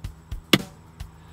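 A ProClip USA left mount, a plastic bracket for 2016–2022 Lexus RX 350/450h (805240), is pressed firmly upward on its lower edge so its notched lower edge hooks over the framing around the dashboard air vent. A few faint taps lead to a sharp, bright snap at 0.5 s, followed by one more soft tap near 1.0 s. The mount clicks into place and is seated on the vent frame.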